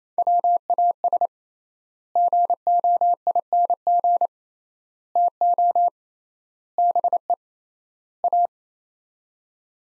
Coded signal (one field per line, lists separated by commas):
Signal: Morse code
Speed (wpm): 28 wpm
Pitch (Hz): 700 Hz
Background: none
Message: WAS GOING TO BE A